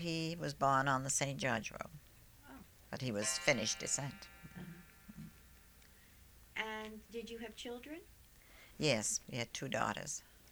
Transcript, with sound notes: He was born on the St. George Row. But he was of Finnish descent. ( a clock chimes )
And did you have children?
Yes. We had two daughters.